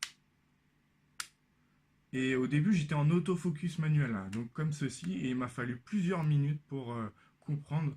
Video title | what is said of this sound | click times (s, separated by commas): 40-150mm f2.8 pro Olympus | Eh bien, vous voyez ici, il y a un petit clip-clap. Vous entendez bien le bruit. | 0.0 s, 1.2 s